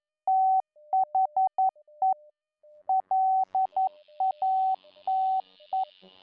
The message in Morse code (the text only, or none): THE LATE